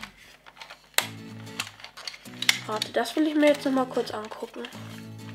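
A plastic part, likely the magazine or priming slide, is handled on a foam-dart toy blaster while someone talks over music playing underneath. Sharp plastic handling clicks stand out at about 1.0 s and 2.5 s, but nothing has seated or clicked into place yet.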